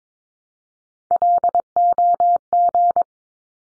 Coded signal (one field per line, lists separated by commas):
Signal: Morse code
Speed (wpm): 22 wpm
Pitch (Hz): 700 Hz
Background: none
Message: LOG